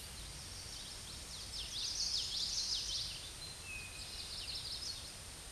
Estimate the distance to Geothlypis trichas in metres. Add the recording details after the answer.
about 40 m. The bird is about 5 m above the microphone. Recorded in a Pennsylvania forest on 16 May 2024 at 08:25. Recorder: AudioMoth, point MSD-2304. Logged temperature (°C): 16.0 °C. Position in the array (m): 246 m, 171 m